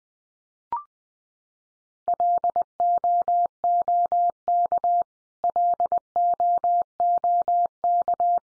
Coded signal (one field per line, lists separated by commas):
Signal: Morse code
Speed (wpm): 20 wpm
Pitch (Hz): 700 Hz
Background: none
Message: LOOK LOOK